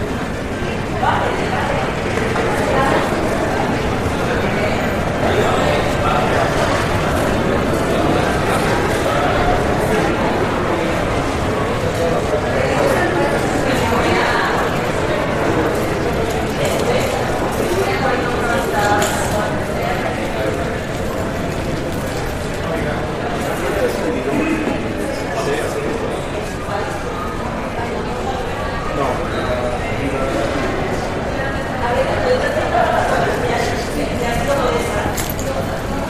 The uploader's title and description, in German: Sanfte Klänge aus der Flughafen-Abfertigungshalle. Sanften Klängen des geschäftigen Treibens, dem gedämpften Gemurmel von Passagieren und dem entfernten Summen der Anzeigetafeln